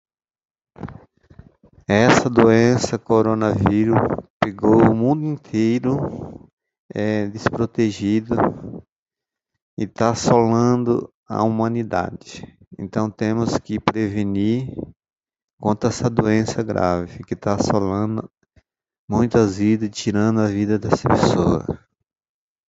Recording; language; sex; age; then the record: short text; Brazilian Portuguese; male; 50 to 59 years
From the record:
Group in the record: control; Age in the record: 53 years